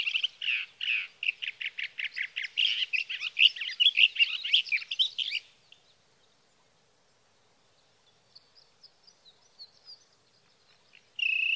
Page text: Birdsong for the Curious Naturalist: Explore #7. 61. Sage thrasher songs, through the night